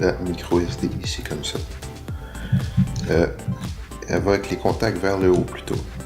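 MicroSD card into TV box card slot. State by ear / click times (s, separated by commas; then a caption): not seated / none. A microSD card is handled and pushed, contacts first, toward the card slot of a small X96 Mini Android TV box (Amlogic S905W) while someone talks over background music, with brief sharp sounds near 2.1 s and 3.0 s. The card has not seated or clicked into the slot yet.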